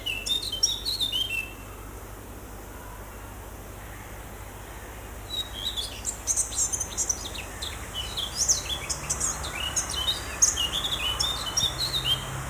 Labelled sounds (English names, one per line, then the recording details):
Eurasian Blackcap song
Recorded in the wild
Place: Lübars, Berlin, DE
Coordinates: 52.6167, 13.35
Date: 2004-07-25 13:12
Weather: sunny, 24°C
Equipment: Sony WM-D6C, Sennheiser ME 80, Kopie Uher 4000 Report Monitor
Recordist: Tembrock, Günter
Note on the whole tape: Gesang